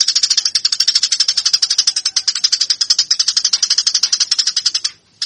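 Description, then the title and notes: Eurasian tree sparrow chattering song: a fast, unbroken run of sharp, bright chirps for nearly five seconds, then a brief pause and one last chirp. Fighting-style (tarung) song, used as a master for training birds. "MASTER GEREJA TARUNG 1. burung gereja"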